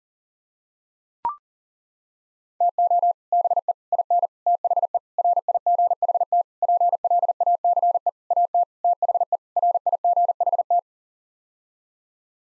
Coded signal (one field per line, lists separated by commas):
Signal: Morse code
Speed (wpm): 37 wpm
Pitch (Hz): 700 Hz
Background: none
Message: TO BE IN THE RIGHT PLACE AT THE RIGHT